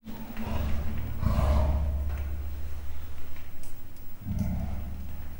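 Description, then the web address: Leopard giving a deep, rumbling growl lasting several seconds, with a few breathy bursts over it. Male and female leopards, captive at Miskolc zoo, recorded in 2009; soft growling and short barking yaps. "miskolcizoo 2009 standardt leopard"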